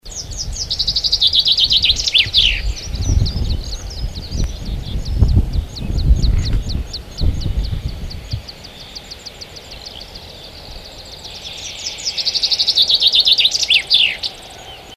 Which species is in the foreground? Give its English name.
Common Chaffinch